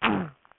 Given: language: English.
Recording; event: throat vibration sensor signal played as sound; throat clearing